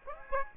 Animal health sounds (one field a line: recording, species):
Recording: mosquito wingbeat signal from an infrared sensor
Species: Aedes aegypti